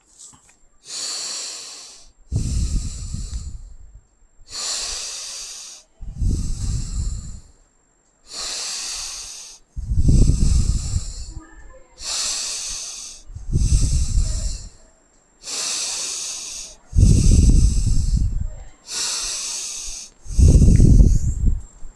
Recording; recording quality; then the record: deep breathing; excellent, no background noise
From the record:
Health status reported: healthy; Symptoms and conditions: diabetes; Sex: male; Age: 51 years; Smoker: yes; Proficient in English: yes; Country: India